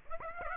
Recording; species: mosquito wingbeat signal from an infrared sensor; Aedes aegypti